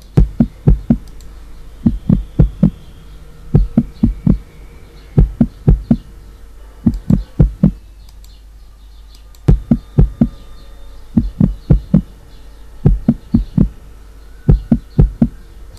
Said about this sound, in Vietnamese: Tim của tôi cứ đập dồn dập, hơi thở cứ gấp gáp đến nỗi không thể làm chậm lại được.